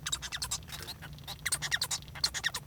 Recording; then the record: song of a male Bengalese finch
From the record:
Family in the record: son of father 1